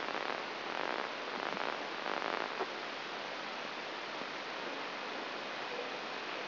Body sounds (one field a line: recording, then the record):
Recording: brain microelectrode recording played as sound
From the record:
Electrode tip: inside the subthalamic nucleus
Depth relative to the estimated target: 4 mm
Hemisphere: right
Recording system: AlphaMap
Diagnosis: Parkinson's disease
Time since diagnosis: 11 years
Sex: male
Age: 66 years